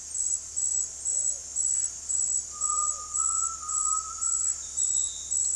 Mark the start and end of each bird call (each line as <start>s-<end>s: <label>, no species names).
0.00s-4.56s: bird call